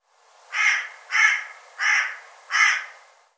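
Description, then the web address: Bird calls: four hoarse, cawing notes repeated at an even pace, each about half a second long. "cianscape birddata Deverinetal 2025 File cleaned normalized Bird"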